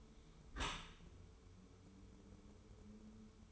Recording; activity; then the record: daily activity, microphone in the room; close dishwasher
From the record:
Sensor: 1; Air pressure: 1015.0 hPa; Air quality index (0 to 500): 25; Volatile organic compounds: 0 ppm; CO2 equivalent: 500 ppm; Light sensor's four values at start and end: 13/30/12/13 and 13/30/12/13